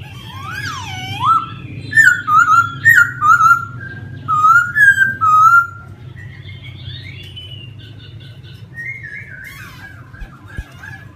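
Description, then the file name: Laughingthrush whistling melodious slurred notes in a varied phrase, tailing off into softer warbles over a steady low hum. Song in the 'giọng rừng' (wild voice) style. "Tieng khuou hot giong rung"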